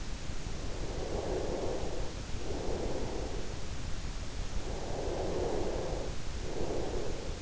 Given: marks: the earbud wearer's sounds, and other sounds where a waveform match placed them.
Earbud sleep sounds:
sounds in sleep by an in-ear microphone; breath
0.74-3.52 s: breath
4.73-7.42 s: breath

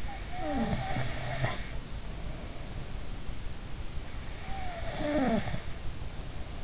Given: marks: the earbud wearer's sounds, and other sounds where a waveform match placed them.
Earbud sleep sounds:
sounds in sleep by an in-ear microphone; snoring breath
0.00-2.75 s: snoring breath
4.31-6.56 s: snoring breath

